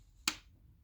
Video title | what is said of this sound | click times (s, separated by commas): Jigs Man Jigs | you hear it pop. There it goes. You lift it up to the next one. | 0.3 s